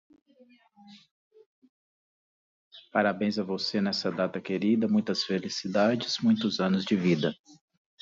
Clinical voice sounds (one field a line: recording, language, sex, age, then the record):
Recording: short text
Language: Brazilian Portuguese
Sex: male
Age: 40 to 49 years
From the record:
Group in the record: control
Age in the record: 43 years